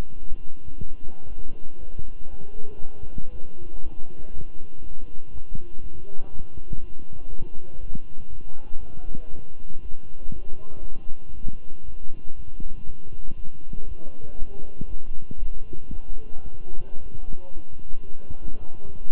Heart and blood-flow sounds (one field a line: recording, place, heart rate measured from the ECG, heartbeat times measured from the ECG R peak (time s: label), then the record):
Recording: heart sounds by stethoscope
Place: between the tricuspid and mitral areas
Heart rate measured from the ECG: 118 bpm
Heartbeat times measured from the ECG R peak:
0.28 s: heartbeat
0.78 s: heartbeat
1.28 s: heartbeat
1.79 s: heartbeat
2.30 s: heartbeat
2.81 s: heartbeat
3.31 s: heartbeat
3.82 s: heartbeat
4.33 s: heartbeat
4.82 s: heartbeat
5.32 s: heartbeat
5.82 s: heartbeat
6.31 s: heartbeat
6.80 s: heartbeat
7.29 s: heartbeat
7.79 s: heartbeat
8.29 s: heartbeat
8.79 s: heartbeat
9.30 s: heartbeat
9.81 s: heartbeat
10.32 s: heartbeat
10.83 s: heartbeat
11.33 s: heartbeat
11.84 s: heartbeat
12.35 s: heartbeat
12.85 s: heartbeat
13.36 s: heartbeat
13.87 s: heartbeat
14.38 s: heartbeat
14.88 s: heartbeat
15.38 s: heartbeat
15.89 s: heartbeat
16.44 s: heartbeat
16.99 s: heartbeat
17.53 s: heartbeat
18.06 s: heartbeat
18.59 s: heartbeat
From the record:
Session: walking at 3.7 km/h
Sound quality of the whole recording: good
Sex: male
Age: 23 years